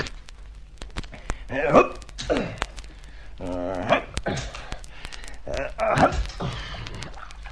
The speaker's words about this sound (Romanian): Dar râul e înghețat. Noroc că am luat toporul cu mine să fac o copcă.